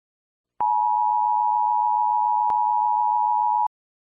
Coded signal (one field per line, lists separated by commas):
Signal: Emergency Alert System (SAME) tones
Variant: 853 and 960 Hz attention tone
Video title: ZVG6-24 (Zombie virus outbreak) EAS scenario | part 1